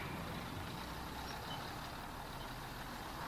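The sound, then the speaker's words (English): A bus engine rumbles steadily as the bus pulls away from in front of a hotel, a dense, even roar of motor and road noise that holds at the same loudness throughout, with no voices. “The bus left from in front of the hotel.”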